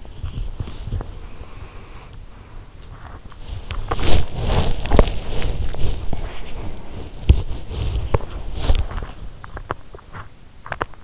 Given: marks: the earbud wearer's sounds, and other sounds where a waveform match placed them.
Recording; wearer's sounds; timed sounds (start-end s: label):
sounds in sleep by an in-ear microphone; body movement, breath
0.00-11.04 s: body movement
0.51-3.35 s: breath